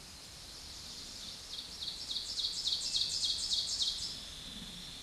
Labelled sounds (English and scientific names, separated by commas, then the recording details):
Ovenbird (Seiurus aurocapilla) song
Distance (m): 30 m
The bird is about 10 m above the microphone
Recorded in a Pennsylvania forest on 16 May 2024 at 07:04
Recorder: AudioMoth, point MSD-1539
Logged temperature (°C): 16.0 °C
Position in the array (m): 146 m, 7 m